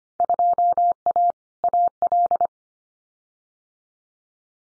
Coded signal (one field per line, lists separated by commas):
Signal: Morse code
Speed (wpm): 25 wpm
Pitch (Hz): 700 Hz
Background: none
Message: 2A AL